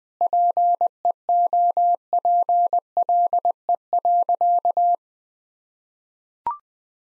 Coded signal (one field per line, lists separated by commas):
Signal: Morse code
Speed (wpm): 20 wpm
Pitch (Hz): 700 Hz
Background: none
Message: PEOPLE.